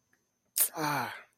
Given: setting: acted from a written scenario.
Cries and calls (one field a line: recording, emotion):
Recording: vocal sound without words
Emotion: shame